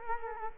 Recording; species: mosquito wingbeat signal from an infrared sensor; Culex quinquefasciatus